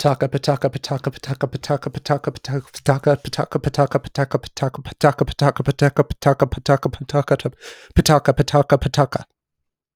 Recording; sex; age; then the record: repeated syllables /pa ta ka/; male; 20 to 29 years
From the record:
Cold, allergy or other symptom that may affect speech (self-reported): no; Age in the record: 21 years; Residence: Colorado, United States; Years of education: 15